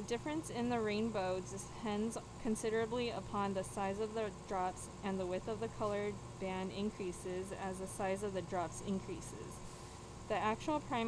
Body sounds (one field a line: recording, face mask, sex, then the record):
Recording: reading aloud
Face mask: surgical mask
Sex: female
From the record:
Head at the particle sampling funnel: tilted down, bridge of the nose in front of it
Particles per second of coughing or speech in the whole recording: 0.343